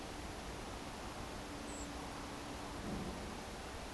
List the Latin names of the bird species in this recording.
Turdus iliacus